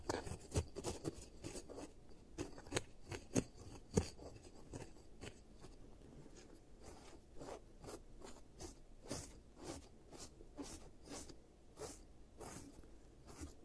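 Dental-style tapping and scraping for a cavity treatment, a steady run of short sharp clicks and crisp scratches. The clicks come densely in the first four seconds, then thin to a looser, regular pattern of bright taps over a low, soft rustle.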